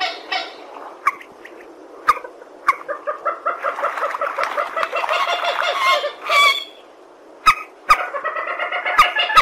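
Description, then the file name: Purple swamphen calls: scattered nasal notes opening into dense, rapid cackling, then brief honks, with occasional sharp clicks. "tieng trich re keu"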